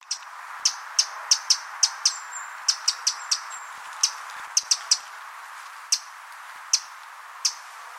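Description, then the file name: Eurasian wren giving sharp, ticking high-pitched call notes, single and in quick clusters, scattered irregularly throughout over a steady background hiss. "Troglodytes troglodytes"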